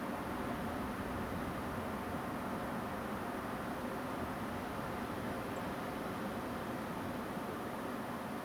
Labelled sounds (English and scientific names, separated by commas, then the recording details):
Song Thrush (Turdus philomelos)
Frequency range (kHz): Song Thrush (Turdus philomelos) 7.1-8.0 kHz
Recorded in France